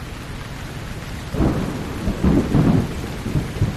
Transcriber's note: thunder claps outside